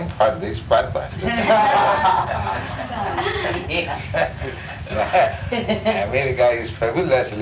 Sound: laughter